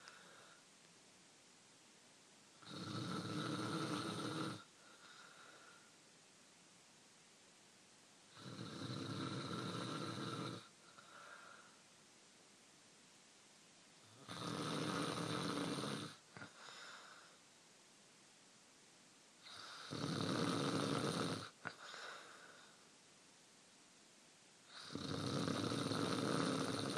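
Snoring from an adult sleeper: five long, loud snores come about every five to six seconds, each followed by a softer, quieter breath.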